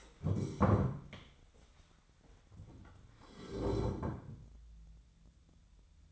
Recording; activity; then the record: daily activity, microphone in the room; stand up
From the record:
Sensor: 3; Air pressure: 1015.2 hPa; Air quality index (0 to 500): 158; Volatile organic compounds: 11 ppm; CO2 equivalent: 2264 ppm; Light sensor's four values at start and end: 15/40/16/17 and 15/40/16/17